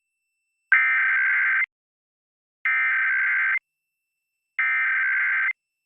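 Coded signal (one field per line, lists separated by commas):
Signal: Emergency Alert System (SAME) tones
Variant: header bursts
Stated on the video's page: National Periodic Test of the Emergency Alert System as carried by San Antonio television and radio stations and smaller-market stations.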